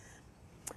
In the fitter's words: on the machine, press it down in the front until it clicks, press it down in the back until it clicks.